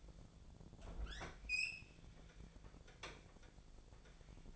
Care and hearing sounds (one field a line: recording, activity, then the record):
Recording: daily activity, microphone in the room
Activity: open fridge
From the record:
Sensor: 5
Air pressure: 1000.2 hPa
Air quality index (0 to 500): 102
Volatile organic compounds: 1 ppm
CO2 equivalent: 826 ppm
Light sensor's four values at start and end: 239/566/242/265 and 242/575/246/269